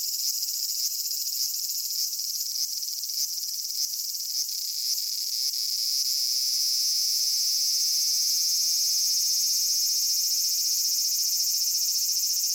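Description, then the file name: Large brown cicada song: a grating, rapidly pulsed sizzle with brief clicking breaks early on, then settling into a smooth continuous drone. "aburazemi cry"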